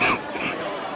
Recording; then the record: coughing mixed with background sound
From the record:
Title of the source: 31 night wet cough